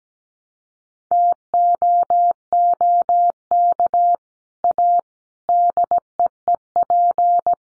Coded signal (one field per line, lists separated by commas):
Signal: Morse code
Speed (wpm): 17 wpm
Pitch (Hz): 700 Hz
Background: none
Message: TOOK A DEEP